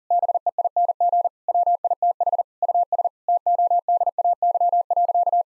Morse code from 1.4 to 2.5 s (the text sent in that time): WITH